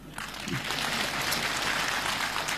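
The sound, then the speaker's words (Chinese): A short burst of thin, unenthusiastic audience applause for a performer on stage at a comedy show, given on request as the least enthusiastic applause: a steady patter of clapping hands that starts abruptly and holds at a modest level for a couple of seconds, with no talking over it. “你来，用那个最不热烈的掌声给他一个。”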